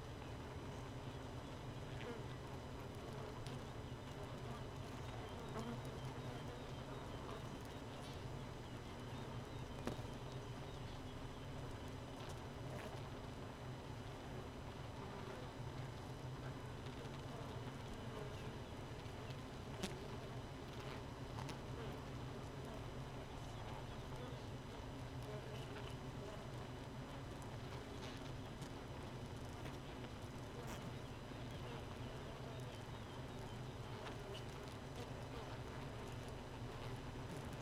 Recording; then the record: honeybee colony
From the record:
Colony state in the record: missing queen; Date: 31 May 2018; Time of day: 4:49